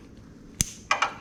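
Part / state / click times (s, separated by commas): saddlebag light harness plug into motorcycle wiring connector / seated / 0.6 s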